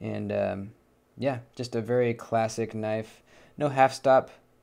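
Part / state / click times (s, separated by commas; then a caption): pocketknife blade into its open position against the backspring / not seated / none. A man talks while handling a USA-made slip joint pocketknife with an amber peach seed jig bone handle, used as a fruit knife and having no half stop, with its blade being worked toward the open position against the backspring. Nothing has snapped open or clicked yet in this clip.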